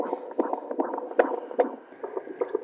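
Rhythmic whooshing fetal heartbeat on Doppler, about 150 a minute, heard accelerating during labour while the mother is in a bath; the rising fetal heart rate is a very good sign that the baby is doing well.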